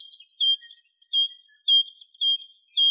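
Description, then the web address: Great tit: high, thin notes repeated about four times a second in a steady, see-sawing pattern. "Parus major"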